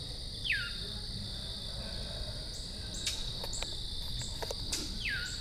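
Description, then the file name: Brown thrasher call, a quick falling slurred note heard twice, set against a constant droning insect chorus with scattered soft clicks. Recorded in Calvert, Maryland, on 2 October 2010. "Brown Thrasher Calvert MD 20101002"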